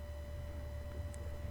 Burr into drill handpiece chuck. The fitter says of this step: it's very easy and quick to change burrs now you see I can't really get that in there that means I don't really have it open